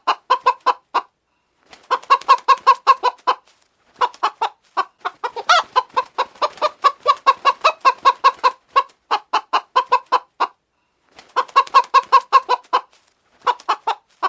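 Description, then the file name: Chicken clucking in quick repeated bursts of short harmonic notes, runs of rapid clucks broken by brief pauses. Hen. "poule"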